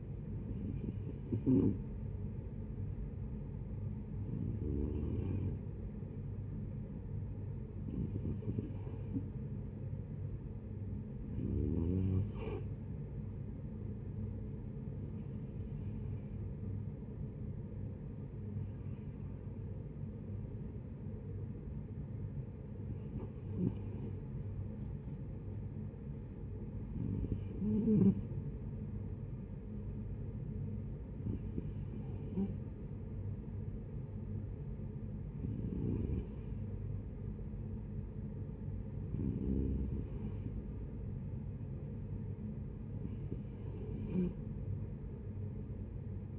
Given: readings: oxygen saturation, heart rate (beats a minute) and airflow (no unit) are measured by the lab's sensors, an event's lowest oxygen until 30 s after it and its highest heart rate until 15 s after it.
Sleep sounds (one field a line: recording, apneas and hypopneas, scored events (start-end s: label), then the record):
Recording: breathing in sleep by a smartphone at the bedside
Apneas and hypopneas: none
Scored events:
none scored
From the record:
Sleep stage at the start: N2 (light sleep)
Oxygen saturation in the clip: 91 to 93%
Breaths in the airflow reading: 12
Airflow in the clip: -9.9 to 7.6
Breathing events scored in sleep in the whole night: 496 in 5.4 hours asleep